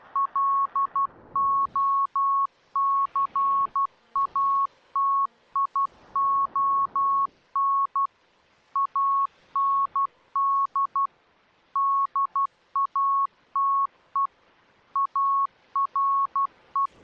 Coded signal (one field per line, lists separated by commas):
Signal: Morse code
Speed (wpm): 12 wpm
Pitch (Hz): 1100 Hz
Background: none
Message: LOCATION AND DATE ARE